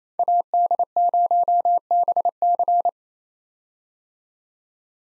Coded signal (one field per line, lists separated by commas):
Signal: Morse code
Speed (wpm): 28 wpm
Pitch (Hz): 700 Hz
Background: none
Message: AD0BC